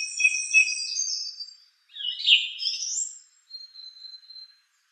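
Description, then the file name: Song thrush: songbird song of varied high whistles and scratchy chirps in three short bursts, with no other sounds. "suara-kicauan-burung-song-thrush 7-omkicau"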